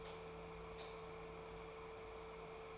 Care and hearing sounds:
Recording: daily activity, microphone in the room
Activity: light off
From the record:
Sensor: 1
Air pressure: 1014.6 hPa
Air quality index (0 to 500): 175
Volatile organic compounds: 14 ppm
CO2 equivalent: 2472 ppm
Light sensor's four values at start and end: 15/43/16/18 and 12/30/12/13

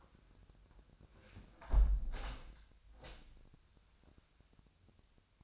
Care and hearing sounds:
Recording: daily activity, microphone in the room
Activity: close window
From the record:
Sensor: 2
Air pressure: 1006.3 hPa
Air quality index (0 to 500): 186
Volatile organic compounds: 11 ppm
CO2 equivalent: 2265 ppm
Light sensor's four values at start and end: 8/20/8/8 and 8/20/8/8

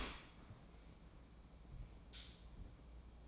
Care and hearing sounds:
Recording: daily activity, microphone in the room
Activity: open dishwasher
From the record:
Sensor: 1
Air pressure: 1012.4 hPa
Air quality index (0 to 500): 167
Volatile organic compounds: 3 ppm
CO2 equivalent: 1367 ppm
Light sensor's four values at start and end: 584/1259/585/639 and 584/1258/584/639

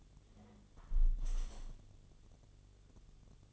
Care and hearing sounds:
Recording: daily activity, microphone in the room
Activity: close window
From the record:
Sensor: 4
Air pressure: 1015.8 hPa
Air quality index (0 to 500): 121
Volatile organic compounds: 3 ppm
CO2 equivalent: 1363 ppm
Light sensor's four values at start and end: 9/20/8/7 and 9/20/8/7

